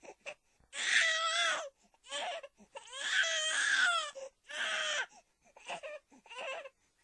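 Repeated wailing cry bursts with a clear pitched tone and short gasps between them from a ten-month-old baby, an ordinary crying infant in daily life.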